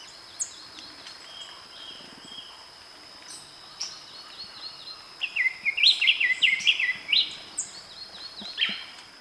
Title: fibra_repicador. Diademed Tanager (Stephanophorus diadematus)